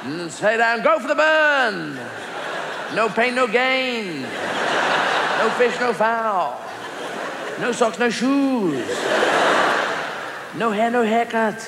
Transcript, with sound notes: Stay down! Go for the burn! No pain no gain!
(LAUGHTER)
"No fish no foul! No sock no shoes! No hair no haircut!